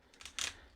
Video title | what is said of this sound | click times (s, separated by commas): Voltron review red Lion part 2 of 6 | There, you get everything to slide in, and this locks into place to hold everything in. | 0.4 s